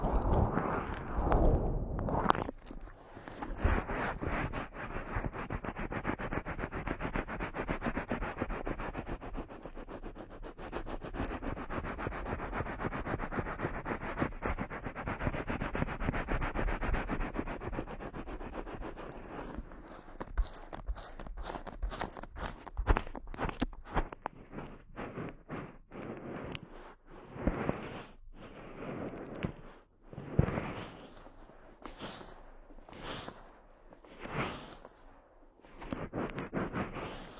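Head massage with dense, rapid scratching and rubbing strokes, steady through the first twenty seconds, then breaking into sparser, irregular taps and brushes.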